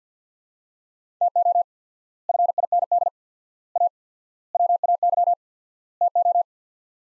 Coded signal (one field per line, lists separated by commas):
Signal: Morse code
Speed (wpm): 50 wpm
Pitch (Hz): 700 Hz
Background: none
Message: TO FIND A WAY TO